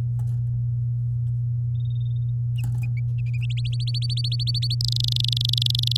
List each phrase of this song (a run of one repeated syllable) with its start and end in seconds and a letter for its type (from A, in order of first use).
3.57-4.75 A, 4.81-5.97 B